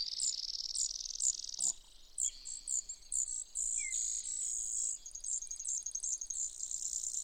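Brewer's sparrow song of high, rapid trills and repeated sharp notes, with a long buzzy stretch and a fast twittering trill near the end, over light hiss.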